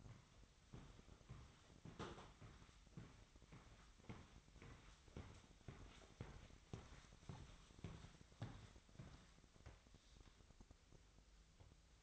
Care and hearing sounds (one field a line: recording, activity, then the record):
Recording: daily activity, microphone in the room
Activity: walk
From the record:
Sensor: 3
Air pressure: 1001.6 hPa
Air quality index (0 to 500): 226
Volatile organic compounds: 32 ppm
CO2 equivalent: 3002 ppm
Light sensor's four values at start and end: 12/37/16/13 and 12/37/16/13